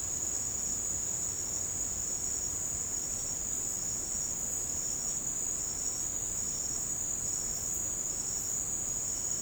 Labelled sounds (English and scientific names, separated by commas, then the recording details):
none
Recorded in secondary vegetation near Puerto Asís, Putumayo, Colombia, on 13 March 2025 at 17:00
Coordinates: 0.485, -76.322
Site G040